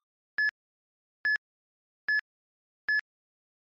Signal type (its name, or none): none